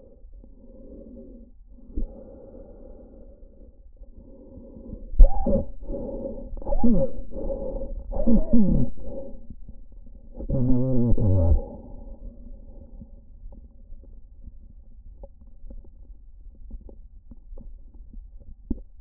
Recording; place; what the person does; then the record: lung sounds by stethoscope; trachea; quiet breathing, then cough and speech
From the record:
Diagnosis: COPD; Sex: male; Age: 85 years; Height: 183 cm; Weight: 88 kg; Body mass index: 26.3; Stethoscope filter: diaphragm mode